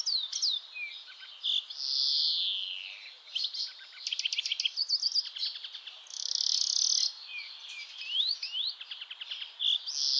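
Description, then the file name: European greenfinch song, a lively mix of high twittering notes, rapid trills and long buzzy wheezes, the drawn-out nasal buzz returning twice. "Chloris chloris"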